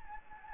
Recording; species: mosquito wingbeat signal from an infrared sensor; Anopheles gambiae